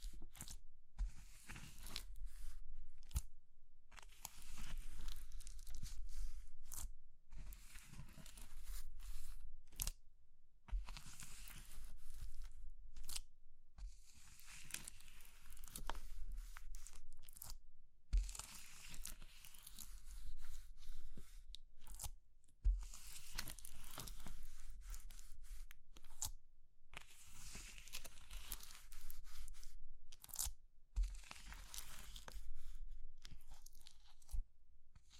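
Crisp crushing and crumbling of brittle material such as chalk or soap, in repeated bursts of bright, crackly texture lasting a few seconds each. Short silent gaps separate the bursts, and sharp snaps and cracks punctuate them, over a steady low rumble.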